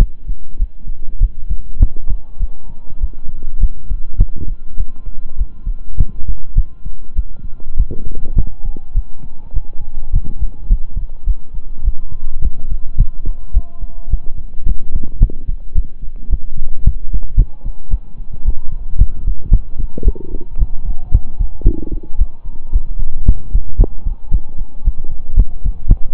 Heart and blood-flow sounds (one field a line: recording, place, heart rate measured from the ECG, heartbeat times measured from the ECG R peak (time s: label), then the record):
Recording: heart sounds by stethoscope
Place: between the tricuspid and mitral areas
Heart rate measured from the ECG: 107 bpm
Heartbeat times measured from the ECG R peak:
0.57 s: heartbeat
1.19 s: heartbeat
1.78 s: heartbeat
2.38 s: heartbeat
2.99 s: heartbeat
3.59 s: heartbeat
4.16 s: heartbeat
4.76 s: heartbeat
5.36 s: heartbeat
5.96 s: heartbeat
6.54 s: heartbeat
7.14 s: heartbeat
7.75 s: heartbeat
8.34 s: heartbeat
8.93 s: heartbeat
9.52 s: heartbeat
10.11 s: heartbeat
10.67 s: heartbeat
11.25 s: heartbeat
11.83 s: heartbeat
12.40 s: heartbeat
12.96 s: heartbeat
13.52 s: heartbeat
14.09 s: heartbeat
14.64 s: heartbeat
15.18 s: heartbeat
15.73 s: heartbeat
16.28 s: heartbeat
16.82 s: heartbeat
17.35 s: heartbeat
17.89 s: heartbeat
18.43 s: heartbeat
18.97 s: heartbeat
19.49 s: heartbeat
20.03 s: heartbeat
20.57 s: heartbeat
21.10 s: heartbeat
21.63 s: heartbeat
22.16 s: heartbeat
22.71 s: heartbeat
23.24 s: heartbeat
23.76 s: heartbeat
24.30 s: heartbeat
24.83 s: heartbeat
25.35 s: heartbeat
25.86 s: heartbeat
From the record:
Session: slow and fast walking with breaks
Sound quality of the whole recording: saturated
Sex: male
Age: 25 years